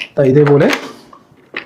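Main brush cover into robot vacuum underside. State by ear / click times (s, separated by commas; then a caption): seated / 1.6 s. The plastic main brush cover is refitted after brush cleaning and pressed back into the underside of a Dreame L10 Prime robot vacuum. Someone talks briefly, then after a quiet stretch a short sharp snap is heard at 1.6 s as the cover locks into place.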